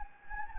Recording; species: mosquito wingbeat signal from an infrared sensor; Anopheles gambiae